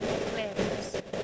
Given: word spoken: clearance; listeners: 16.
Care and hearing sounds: one English word in noise, from a listening test; noise modulated by three-talker babble; -7.0 dB; 0 of 16; 6 of 16; 0.84 s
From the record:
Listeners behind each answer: 6, 2, 1, 1, 1, 1, 1, 1, 1, 1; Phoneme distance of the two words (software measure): 34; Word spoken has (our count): 2 syllables, 7 phonemes, stress on syllable 1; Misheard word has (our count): 1 syllable, 5 phonemes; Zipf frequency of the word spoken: 3.76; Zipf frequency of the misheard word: 3.91

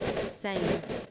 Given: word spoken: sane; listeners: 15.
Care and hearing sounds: one English word in noise, from a listening test; noise modulated by three-talker babble; -3.3 dB; 3 of 15; 8 of 15; 0.71 s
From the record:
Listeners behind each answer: 8, 3, 3, 1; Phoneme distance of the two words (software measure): 10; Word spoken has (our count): 1 syllable, 3 phonemes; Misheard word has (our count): 1 syllable, 3 phonemes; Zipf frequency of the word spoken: 3.35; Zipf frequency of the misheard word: 5.65

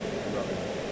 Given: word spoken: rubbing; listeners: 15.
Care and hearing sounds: one English word in noise, from a listening test; speech-shaped noise; -5.0 dB; 0 of 15; 6 of 15; 0.52 s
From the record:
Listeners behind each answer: 6, 2, 1, 1, 1, 1, 1, 1, 1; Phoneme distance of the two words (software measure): 24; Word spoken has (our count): 2 syllables, 5 phonemes, stress on syllable 1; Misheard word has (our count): 1 syllable, 3 phonemes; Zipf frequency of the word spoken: 3.69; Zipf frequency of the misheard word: 5.49

